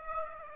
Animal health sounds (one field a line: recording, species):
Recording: mosquito wingbeat signal from an infrared sensor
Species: Aedes aegypti